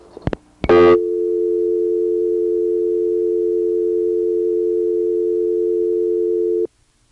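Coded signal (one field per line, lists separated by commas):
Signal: telephone call progress tone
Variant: North America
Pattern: dial tone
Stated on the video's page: Step-by-step switching office tones in Harrisonburg, Virginia, recorded in August 1976 on a phone trip.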